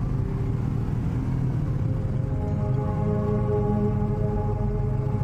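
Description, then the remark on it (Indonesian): A motorcycle engine drones steadily while riding to Garut on a fairly clear morning, a loud, continuous low rumble with a humming tone holding at an even pitch throughout, no voices. “Aku pun berangkat ke Garut menggunakan kendaraanku, sepeda motor.”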